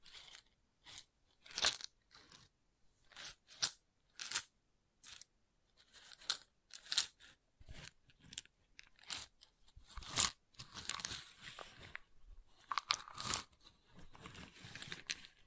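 Wooden triggers produce short, crisp crunching taps at an uneven pace, roughly twice a second, growing denser and scratchier toward the end.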